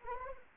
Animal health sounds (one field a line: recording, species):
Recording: mosquito wingbeat signal from an infrared sensor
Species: Anopheles arabiensis